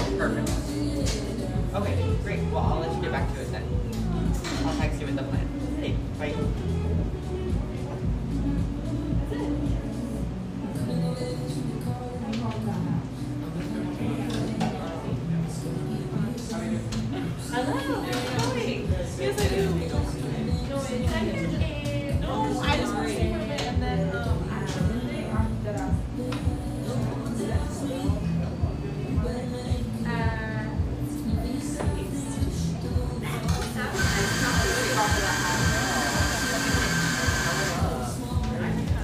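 Café ambience with overlapping conversation and music playing underneath, dense and steady in level throughout. A low hum runs through the first half. Near the end, from about 34 seconds, a loud bright hiss like a steam wand rushes over the chatter for several seconds.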